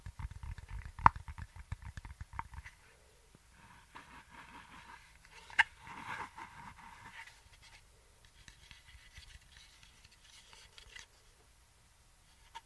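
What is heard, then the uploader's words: Hand movements and scissors: quick rustling and handling noises crowd the first three seconds, with a sharp snip near the one-second mark and another bright click around five and a half seconds. After that, quieter scraping and light handling continue intermittently, with a soft hiss throughout. HAND MOVEMENTS, SCISSORS.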